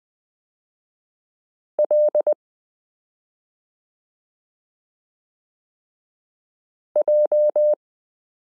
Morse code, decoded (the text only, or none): L J